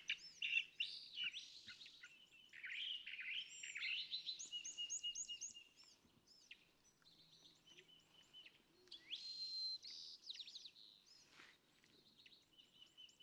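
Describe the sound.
California thrasher song of mixed whistles, slurred notes and scratchy phrases, varied and rapid, with some background noise.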